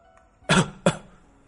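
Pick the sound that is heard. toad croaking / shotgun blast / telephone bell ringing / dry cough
dry cough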